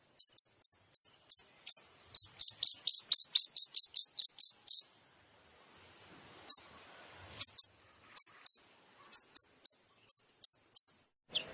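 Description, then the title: Long-tailed shrike song: rapid strings of piercing, high, clipped notes, a quiet pause, then spaced single and paired notes resuming. Masteran training recording for other shrikes, full of tembakan (shooting-style rapid notes). "MASTERAN TERBAIK CENDET FULL TEMBAKAN"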